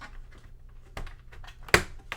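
A plastic hinge clamp is pressed onto a toy wrestling ring base, and it seats with a sharp, loud snap at 1.7 seconds. Softer handling taps come before it around 1.0 seconds, and a light tap follows near 2.1 seconds.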